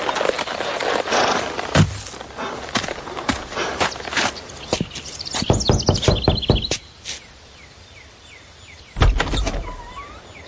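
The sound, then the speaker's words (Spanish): Someone knocks on a wooden door, a scattered run of sharp, hollow raps with a quick cluster of knocks in the middle, amid faint shuffling and clatter; no one speaks. “Al llegar, tuve que reunir todo el resto de mi valor para llamar a la puerta.”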